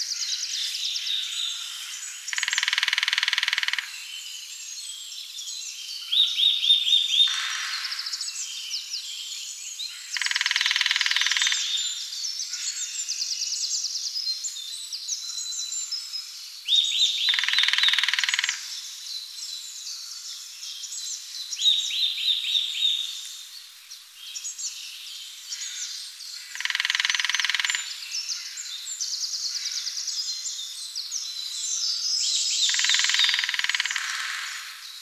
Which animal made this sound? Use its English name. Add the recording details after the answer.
Lesser Spotted Woodpecker. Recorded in the wild. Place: Waltershofen / Freiburg im Breisgau, Baden-Württemberg, DE. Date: 2008-04-05. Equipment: MiniDisc Sharp MT 20 H. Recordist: Schwarz, Dieter. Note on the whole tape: Drumming